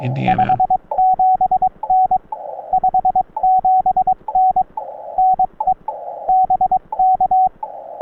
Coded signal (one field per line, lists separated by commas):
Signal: Morse code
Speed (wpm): 22 wpm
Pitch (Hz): 750 Hz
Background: speech, radio noise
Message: 57N 57N NE BK